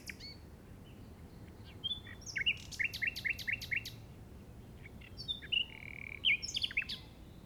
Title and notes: Grabación de ruiseñor común (Luscinia megarhynchos) en el Delta del Llobregat a las 06:00 del 08/05/2015.